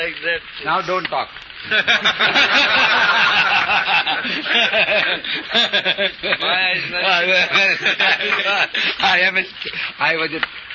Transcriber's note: laughter